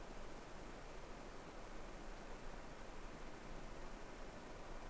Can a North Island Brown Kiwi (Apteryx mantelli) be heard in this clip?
no